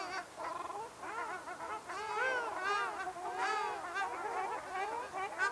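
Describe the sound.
Ruddy shelducks giving a busy run of overlapping nasal honks, rising and falling in loudness.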